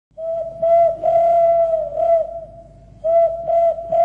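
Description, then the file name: Zebra dove cooing: bursts of mellow, slightly warbling notes around one pitch, broken by short gaps, with a quieter pause near three seconds. "นกเขาขันฯ ทูล"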